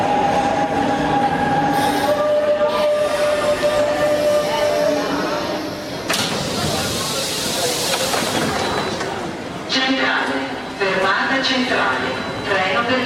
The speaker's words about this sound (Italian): E questa è la voce della metropolitana milanese.